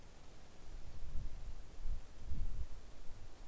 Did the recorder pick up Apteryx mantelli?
no